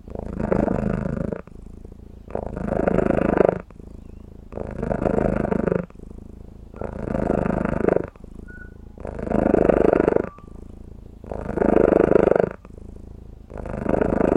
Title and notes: Cold cat purrrin on my lap She staring my down After a big fresh bowl of cat cookies Oh she growl of happyness My pet my cat Purrs On my lap